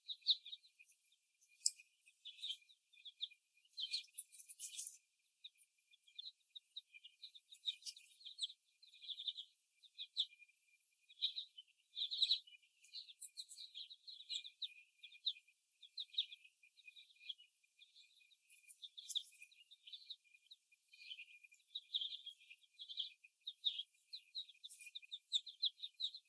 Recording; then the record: young laying hens in a cage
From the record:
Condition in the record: before the stressor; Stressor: simulated dog barking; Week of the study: 1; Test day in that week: 1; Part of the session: 2